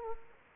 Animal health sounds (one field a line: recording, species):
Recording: mosquito wingbeat signal from an infrared sensor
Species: Anopheles gambiae